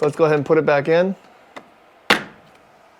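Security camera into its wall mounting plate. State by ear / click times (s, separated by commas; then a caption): seated / 2.1 s. Someone talks, then the ONWOTE solar-powered battery security camera is put back onto its wall-mounted plate, top hooked in first and the bottom pushed in. After a faint tap at 1.6 s, a sharp loud click at 2.1 s marks the camera snapping into place on the mount.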